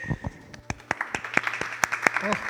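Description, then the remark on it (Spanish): Brief applause from a small group marking the end of a show segment on underrated works: a dozen or so sharp, irregular claps over a couple of seconds, moderately loud, with no talking over them. “Bueno, déjame fliparme, para unos que me aplauden.”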